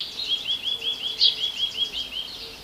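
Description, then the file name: Eurasian nuthatch calling: a quick, even series of short high whistled notes over a hissing background. "Sitta europaea"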